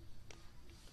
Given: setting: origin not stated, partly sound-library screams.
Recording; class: one-second piece from a danger detection set; normal situation